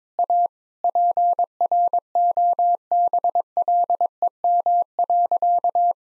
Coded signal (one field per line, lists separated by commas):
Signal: Morse code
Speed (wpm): 22 wpm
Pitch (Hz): 700 Hz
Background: none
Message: A PROBLEM.